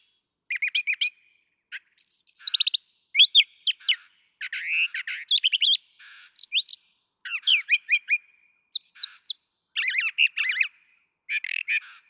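Brown thrasher singing continuously in brief paired phrases: rising whistles, buzzy chatters and sharp chips alternating with short silences.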